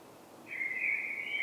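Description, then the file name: Common blackbird, one sustained whistled note held steady and rising slightly at the end. "Turdus merula"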